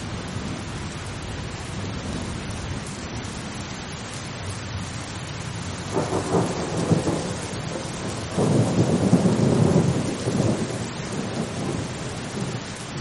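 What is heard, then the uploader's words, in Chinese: Steady, dense rain hisses evenly throughout, a soft wash across low and high tones. Around the six-second mark a low rumble of thunder rolls in briefly, then a louder, deeper roll swells from about eight to eleven seconds before fading back into the rain. 助眠雷雨声：平静的雨。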